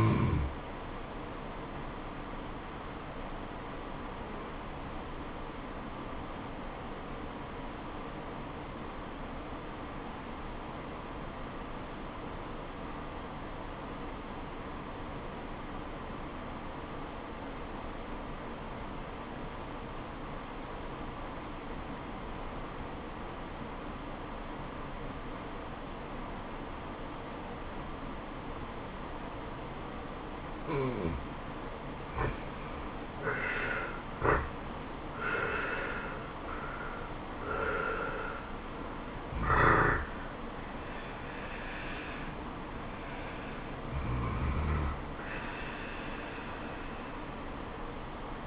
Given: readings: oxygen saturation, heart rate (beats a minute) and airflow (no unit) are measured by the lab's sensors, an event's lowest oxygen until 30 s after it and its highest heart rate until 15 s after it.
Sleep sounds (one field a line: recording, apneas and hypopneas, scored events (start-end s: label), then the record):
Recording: breathing in sleep by a voice recorder at the bedside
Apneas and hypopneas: 1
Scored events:
7.00-34.10 s: obstructive apnea (N2, oxygen 96% highest, then 83% lowest, heart rate 71 at the start, 77 highest)
40.00-48.47 s: new sleep stage, N1 (lightest sleep)
From the record:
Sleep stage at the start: N2 (light sleep)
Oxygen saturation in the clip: 85 to 96%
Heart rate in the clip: 65 to 77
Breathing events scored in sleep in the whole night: 426 in 7.4 hours asleep